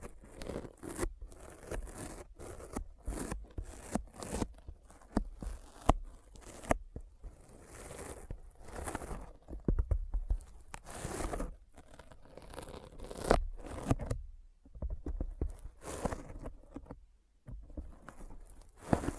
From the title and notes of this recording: ASMR Intense Sticky Finger Sounds (No Talking).